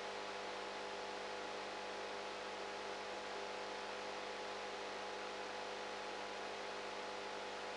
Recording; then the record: brain microelectrode recording played as sound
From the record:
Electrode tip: outside the subthalamic nucleus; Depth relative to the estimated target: -8 mm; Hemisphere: right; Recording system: NeuroSet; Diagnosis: Parkinson's disease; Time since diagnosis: 19 years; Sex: female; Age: 58 years